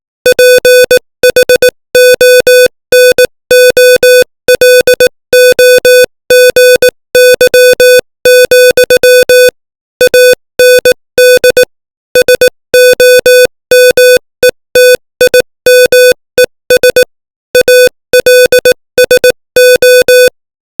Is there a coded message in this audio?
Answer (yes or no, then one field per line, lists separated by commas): yes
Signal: Morse code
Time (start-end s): 0.3-20.3 s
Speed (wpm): 18 wpm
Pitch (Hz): 500 Hz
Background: music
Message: PHONOLOGY, AND SOMETIMES ALSO